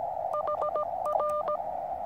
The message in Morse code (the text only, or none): HR